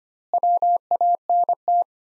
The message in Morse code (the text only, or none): WANT